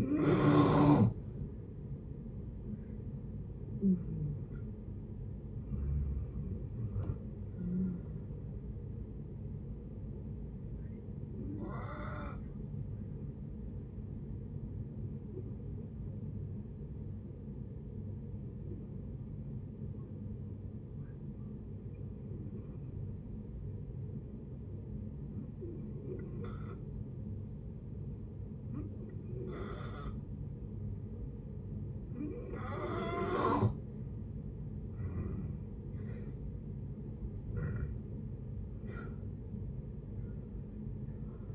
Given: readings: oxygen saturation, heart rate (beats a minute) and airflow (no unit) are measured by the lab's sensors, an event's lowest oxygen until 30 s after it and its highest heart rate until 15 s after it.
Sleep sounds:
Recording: breathing in sleep by a smartphone at the bedside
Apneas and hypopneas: 1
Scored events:
15.00-35.20 s: hypopnea (N2, oxygen 95% highest, then 87% lowest)
38.00-41.55 s: new sleep stage, N1 (lightest sleep)
From the record:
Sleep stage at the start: N2 (light sleep)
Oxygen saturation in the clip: 89 to 95%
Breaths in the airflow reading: 13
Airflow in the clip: -14.0 to 14.7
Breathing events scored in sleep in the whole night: 496 in 5.4 hours asleep

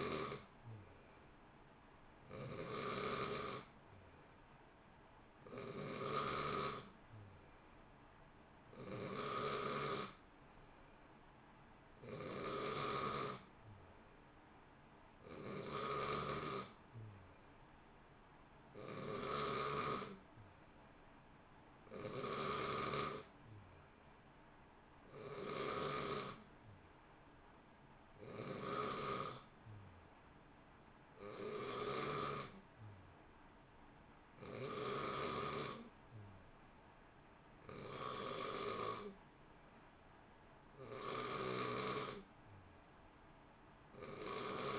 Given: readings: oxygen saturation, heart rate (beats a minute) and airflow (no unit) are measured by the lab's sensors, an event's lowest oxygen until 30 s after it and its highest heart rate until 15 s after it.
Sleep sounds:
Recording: breathing in sleep by a voice recorder at the bedside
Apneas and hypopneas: none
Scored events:
none scored
From the record:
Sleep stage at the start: N2 (light sleep)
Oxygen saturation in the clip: 89 to 91%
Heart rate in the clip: 58 to 65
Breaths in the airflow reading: 17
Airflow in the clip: -0.7 to 0.7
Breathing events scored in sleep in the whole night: 328 in 6.3 hours asleep

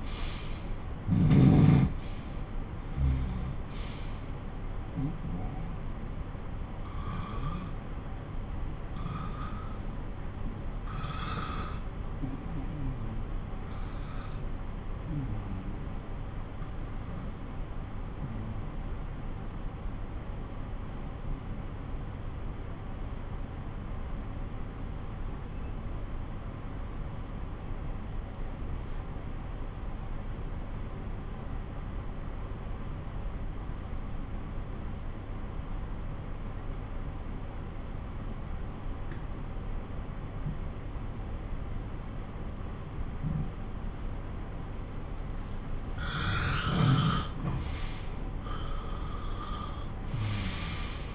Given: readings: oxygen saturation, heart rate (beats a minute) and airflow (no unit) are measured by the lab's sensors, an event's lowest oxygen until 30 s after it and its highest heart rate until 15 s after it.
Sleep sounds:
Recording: breathing in sleep by a smartphone at the bedside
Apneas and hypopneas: 1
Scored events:
4.00-44.60 s: obstructive apnea (N2, oxygen 96% highest, then 91% lowest)
47.00-51.15 s: new sleep stage, N1 (lightest sleep)
From the record:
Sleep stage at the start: N2 (light sleep)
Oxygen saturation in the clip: 87 to 96%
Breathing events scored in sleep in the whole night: 217 in 6.3 hours asleep

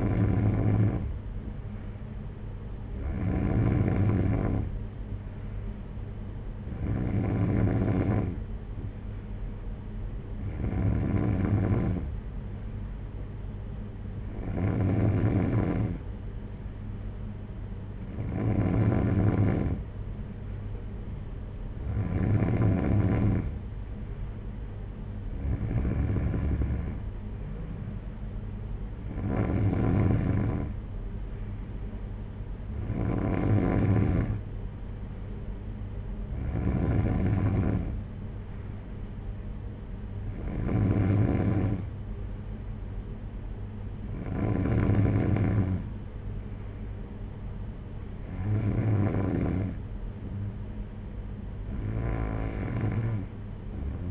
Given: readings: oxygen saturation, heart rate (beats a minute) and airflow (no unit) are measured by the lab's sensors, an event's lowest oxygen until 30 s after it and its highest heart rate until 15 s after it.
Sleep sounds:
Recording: breathing in sleep by a smartphone at the bedside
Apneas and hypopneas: none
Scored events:
none scored
From the record:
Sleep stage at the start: N3 (deep sleep)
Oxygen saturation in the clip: 93 to 94%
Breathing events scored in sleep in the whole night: 226 in 8.8 hours asleep

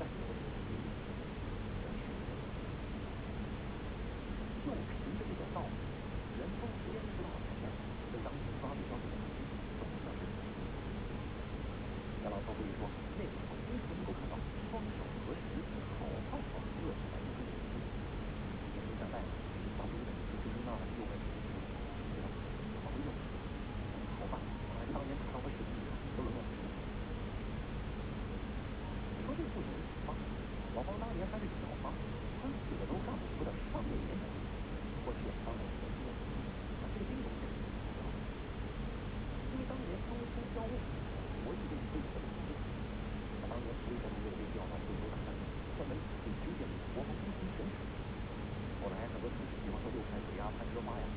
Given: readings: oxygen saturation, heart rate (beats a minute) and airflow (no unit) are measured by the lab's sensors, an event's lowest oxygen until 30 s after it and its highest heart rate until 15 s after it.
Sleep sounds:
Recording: breathing in sleep by a voice recorder at the bedside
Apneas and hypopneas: 1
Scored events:
0.00-26.00 s: awake
7.00-51.17 s: new sleep stage, N1 (lightest sleep)
26.00-42.00 s: hypopnea (N1, oxygen 93% highest, then 92% lowest)
From the record:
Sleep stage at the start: awake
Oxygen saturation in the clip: 92 to 93%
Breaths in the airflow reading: 20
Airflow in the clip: -0.7 to 1.1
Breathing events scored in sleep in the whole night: 335 in 6.7 hours asleep

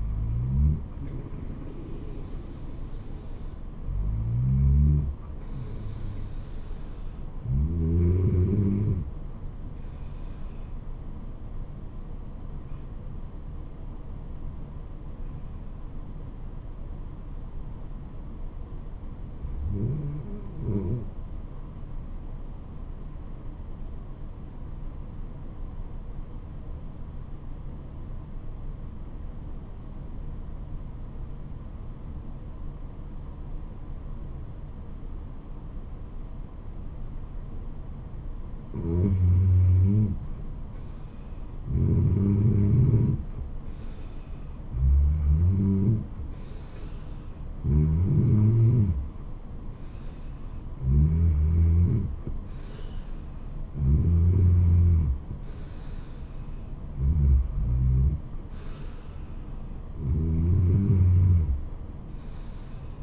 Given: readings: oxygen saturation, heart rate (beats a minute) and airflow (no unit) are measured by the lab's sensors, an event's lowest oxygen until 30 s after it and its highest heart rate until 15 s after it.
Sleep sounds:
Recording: breathing in sleep by a smartphone at the bedside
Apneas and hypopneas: 1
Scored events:
14.00-40.50 s: obstructive apnea (REM, oxygen 97% highest, then 86% lowest, heart rate 77 at the start, 81 highest)
From the record:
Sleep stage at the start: REM sleep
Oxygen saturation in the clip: 85 to 97%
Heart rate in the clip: 70 to 86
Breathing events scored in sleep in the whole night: 426 in 7.4 hours asleep

